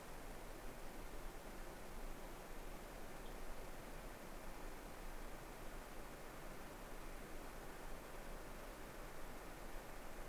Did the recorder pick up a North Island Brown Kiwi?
no